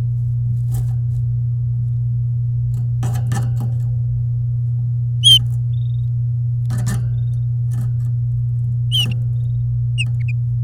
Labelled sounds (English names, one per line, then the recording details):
Domestic Canary song
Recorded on 11 May 2018 at 10:16
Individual llb16